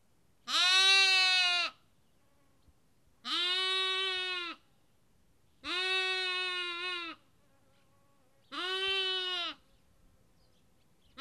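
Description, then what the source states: Sheep lamb bleating four times at fairly even intervals, each call long, level and rich in harmonics. Lamb, recorded at Kakopetria, Cyprus.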